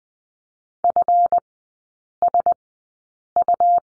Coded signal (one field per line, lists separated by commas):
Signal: Morse code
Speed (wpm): 20 wpm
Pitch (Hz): 700 Hz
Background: none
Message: FSU